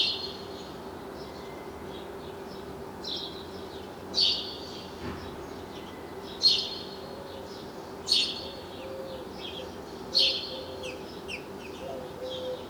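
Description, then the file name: House sparrow calls, single sharp chirps spaced a couple of seconds apart over a steady low background hum. "Passer domesticus"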